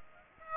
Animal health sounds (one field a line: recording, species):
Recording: mosquito wingbeat signal from an infrared sensor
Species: Aedes aegypti